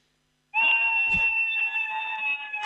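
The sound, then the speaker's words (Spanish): After a moment of silence, a voice lets out a loud, shrill, sustained 'iii' shout, imitating a cry made only with the vowel I, a piercing high-pitched cry held steadily for about two seconds with slight wavering. “Y aparte es solo con la I, porque hay mucha gente que lo grita ¡ay! Solo la I.”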